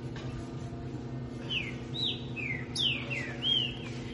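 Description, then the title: Green-winged saltator giving a quieter string of several slurred, falling whistles over a constant low background hum. "Canto De Trinca Ferro"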